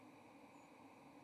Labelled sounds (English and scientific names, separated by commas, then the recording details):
White-throated Sparrow (Zonotrichia albicollis) flight call
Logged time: 10:12 on 30 October 2014